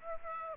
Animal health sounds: mosquito wingbeat signal from an infrared sensor; Aedes aegypti

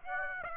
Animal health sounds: mosquito wingbeat signal from an infrared sensor; Aedes aegypti

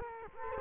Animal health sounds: mosquito wingbeat signal from an infrared sensor; Culex quinquefasciatus

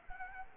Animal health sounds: mosquito wingbeat signal from an infrared sensor; Anopheles arabiensis

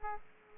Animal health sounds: mosquito wingbeat signal from an infrared sensor; Aedes aegypti

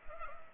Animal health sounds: mosquito wingbeat signal from an infrared sensor; Culex pipiens

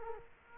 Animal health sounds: mosquito wingbeat signal from an infrared sensor; Culex quinquefasciatus

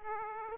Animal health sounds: mosquito wingbeat signal from an infrared sensor; Aedes aegypti

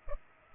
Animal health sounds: mosquito wingbeat signal from an infrared sensor; Culex pipiens

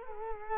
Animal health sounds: mosquito wingbeat signal from an infrared sensor; Culex quinquefasciatus

